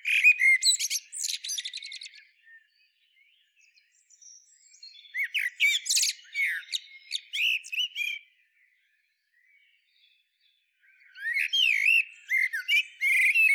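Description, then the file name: Common blackbird delivering three song phrases, each a mix of low whistled warbles and shrill, rapid twittering, separated by brief silences. "Turdus merula"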